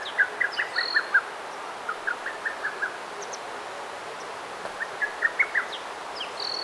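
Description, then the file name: Birds chirping in short, uneven clusters of bright notes, with occasional higher thin calls over a soft outdoor hiss. Recorded in a garden. "Garden SFX Birds Chirping"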